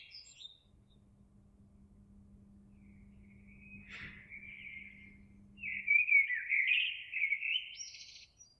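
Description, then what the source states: Eurasian blackbird song: faint brief notes and a steady low hum at first, a soft click, then a loud fluty warbled phrase ending in high squeaks. Recorded 26 April 2022.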